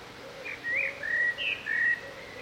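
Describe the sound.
Bird song: a brief series of a few clear whistled notes over a faint low warble.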